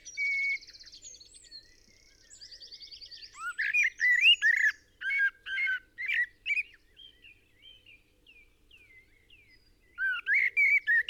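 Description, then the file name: Eurasian blackbird song: a high buzzy trill, then a series of loud fluty whistled notes, a few scattered soft chips, and another fluted phrase near the end. "Turdus merula"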